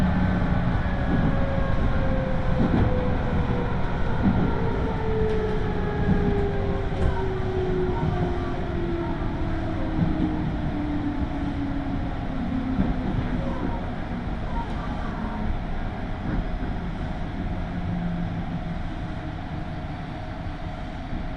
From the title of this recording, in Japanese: 東海道本線各駅停車 豊橋→西岡崎